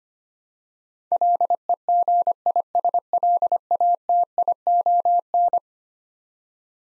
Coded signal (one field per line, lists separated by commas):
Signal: Morse code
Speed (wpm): 25 wpm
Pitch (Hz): 700 Hz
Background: none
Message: LEGISLATION